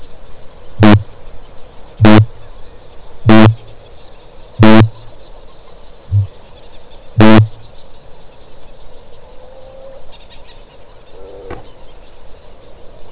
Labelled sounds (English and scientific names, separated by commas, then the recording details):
Kākāpō (Strigops habroptilus) boom
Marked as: faintness 1/5
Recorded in New Zealand
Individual Stumpy